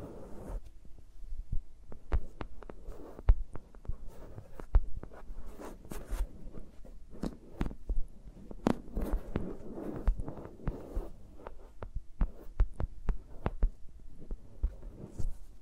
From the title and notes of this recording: ASMR with Mics Around My Fingers (No Talking).